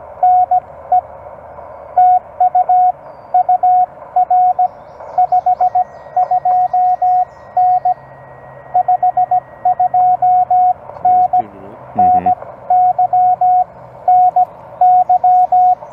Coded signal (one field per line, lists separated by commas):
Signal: Morse code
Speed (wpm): 17 wpm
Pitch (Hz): 690 Hz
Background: radio noise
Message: NE TU UR 52N 52N NY NY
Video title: CW Copy Practice and Surprise meet up with Michael N7CCD